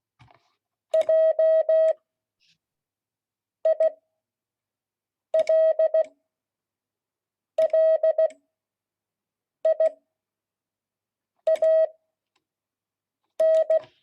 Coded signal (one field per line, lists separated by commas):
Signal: Morse code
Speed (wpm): 16 wpm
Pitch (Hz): 640 Hz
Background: none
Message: JILLIAN